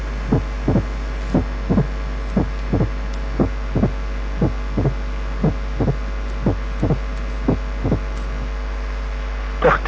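Heart heard through a stethoscope, with an opening snap. Adult heart.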